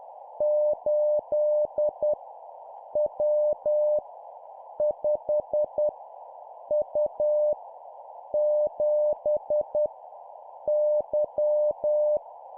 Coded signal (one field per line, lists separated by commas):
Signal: Morse code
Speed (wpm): 10 wpm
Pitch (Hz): 600 Hz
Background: none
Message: 8 W 5 U 7 Y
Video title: 10wpm Random Letter Number, learning morse code